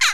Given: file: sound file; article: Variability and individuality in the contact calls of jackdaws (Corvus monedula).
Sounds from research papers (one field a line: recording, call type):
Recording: jackdaw call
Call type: harmonic